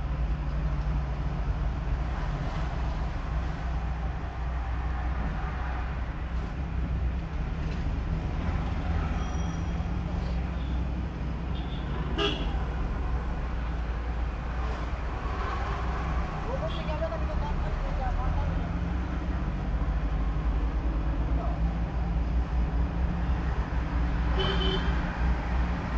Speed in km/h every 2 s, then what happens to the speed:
19, 22, 23, 17, 15, 12, 17, 18, 20, 13, 12, 17, 22.
4-10 slows to 12. 10-17 speeds up to 20. 20-26 speeds up to 22.